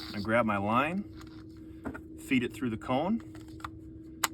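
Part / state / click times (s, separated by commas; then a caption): reel front cone into the reel body / seated / 4.2 s. Someone talks while feeding line through the plastic front cone of a bowfishing reel, then twists the cone into the reel body. A few soft taps are heard, followed by a sharp tick at 4.2 s as the cone locks in place.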